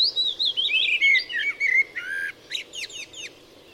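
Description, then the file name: Eurasian blackbird song: rich fluted whistles gliding downward in quick phrases, then a burst of thin, high squeaky twittering notes at the end. "Turdus merula"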